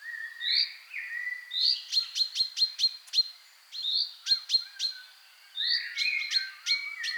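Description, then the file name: Common chaffinch giving sharp, clipped call notes in short bursts, mixed with slurred rising chirps and lower drawn-out whistled notes. "Fringilla coelebs"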